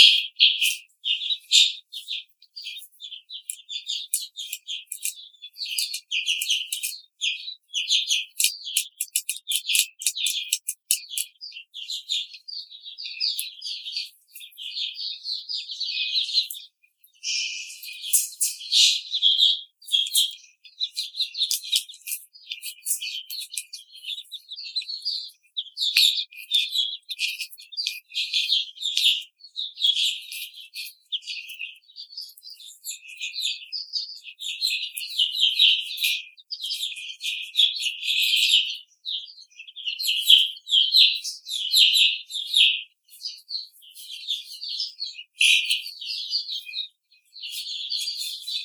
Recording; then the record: young laying hens in a cage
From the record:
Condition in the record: treatment cage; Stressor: simulated dog barking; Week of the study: 5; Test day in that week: 1